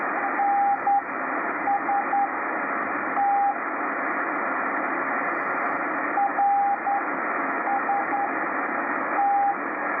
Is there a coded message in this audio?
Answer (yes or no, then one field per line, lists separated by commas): yes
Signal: Morse code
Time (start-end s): 0.4-9.5 s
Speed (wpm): 10 wpm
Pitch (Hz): 800 Hz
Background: radio noise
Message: NST RST